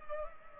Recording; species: mosquito wingbeat signal from an infrared sensor; Culex pipiens